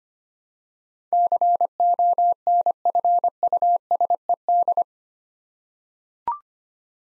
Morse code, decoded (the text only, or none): CONFUSED